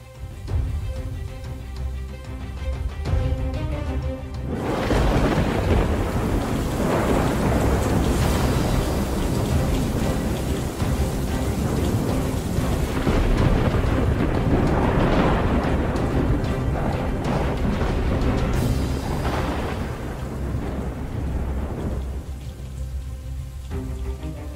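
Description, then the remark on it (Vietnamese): A thunderstorm with wind: heavy rain roars in a steady wash after a quieter, tonal opening, with deep rolling rumbles of thunder swelling and fading several times throughout. “Trên bầu trời, mưa gió sấm sét vẫn cứ đùng đoàng đáng sợ.”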